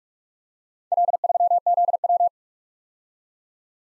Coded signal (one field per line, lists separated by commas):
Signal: Morse code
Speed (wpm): 52 wpm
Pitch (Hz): 700 Hz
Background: none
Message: L3ZW